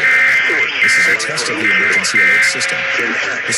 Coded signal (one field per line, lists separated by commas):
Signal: Emergency Alert System (SAME) tones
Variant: end-of-message bursts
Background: speech